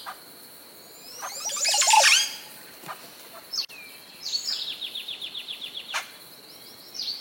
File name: Canto do jacu de montezuma